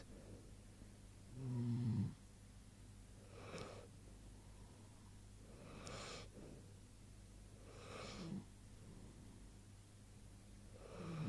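Low, rumbling snores from Morris, a sleeping animal, come in loose cycles, about 27 a minute. The first two are louder and rattling, and the later ones are softer, airy snorts, over a steady low background hum.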